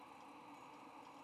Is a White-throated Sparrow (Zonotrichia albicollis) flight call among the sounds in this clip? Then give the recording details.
no. No flight call is heard. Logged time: 10:38 on 20 November 2014